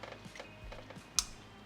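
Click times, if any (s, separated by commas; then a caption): 1.2 s. A wiring harness electrical connector is pushed onto the ignition coil of cylinder 5 on the 5-cylinder engine of an Audi RS3/TTRS. Against a low, steady background with a few faint taps, one sharp, bright click sounds at 1.2 s. The click means the connector is seated.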